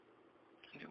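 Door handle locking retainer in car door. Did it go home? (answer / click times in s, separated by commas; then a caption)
yes / 0.6 s, 0.8 s. The locking retainer of the door handle in a Renault Megane Mk3 car door is pushed forwards to lock it, over a quiet, steady background. Short clicks sound at about 0.6 and 0.8 seconds as the retainer locks into place.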